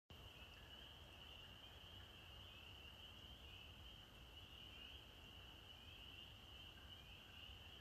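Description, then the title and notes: Spring peepers in a dense chorus, a steady high band of overlapping peeps merging into continuous ringing, over a low background rumble. Males singing at dusk to attract mates, heard from a porch in Maine, mid-April 2023, after the winter freeze; song likened to sleigh bells from deep in the woods. "April 15, 2023. the sound of the spring peepers, or pseudacris crucifer. Their song begins at dusk and sounds rather like sleigh bells from deep in the woods"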